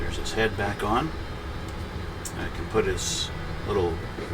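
Someone talks while lining up a small plastic weapon-rack part on the head of an assembled Gundam MK-II A.E.U.G. RX-178 plastic model kit, ready to press it in. A brief sharp tick comes at about 2.3 s over a steady low background hum. Nothing has seated or clicked into place yet.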